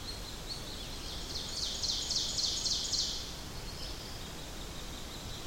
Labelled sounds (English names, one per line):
Ovenbird song